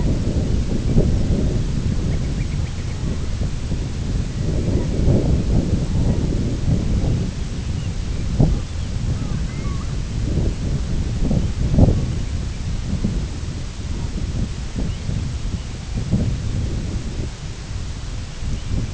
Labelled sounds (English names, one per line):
Ruddy Turnstone
unidentified sound
Long-tailed Duck